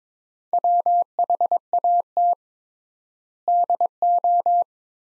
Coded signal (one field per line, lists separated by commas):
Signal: Morse code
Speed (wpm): 22 wpm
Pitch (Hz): 700 Hz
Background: none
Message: WHAT DO